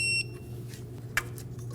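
A click-type torque wrench tightens the ignition coil hold-down bolt into the engine valve cover of a 2008-2015 Scion xB 2.4L L4 to 6 ft-lbs. A steady low hum runs throughout, with a high beep-like tone at the start that stops at about 0.2 s. A single sharp click at 1.2 s, followed by a softer tap at 1.4 s, marks the wrench breaking over at its setting.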